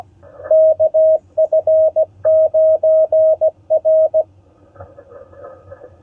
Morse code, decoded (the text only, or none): KF9R